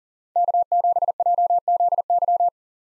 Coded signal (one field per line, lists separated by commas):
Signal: Morse code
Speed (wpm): 40 wpm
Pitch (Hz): 700 Hz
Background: none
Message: K7JZY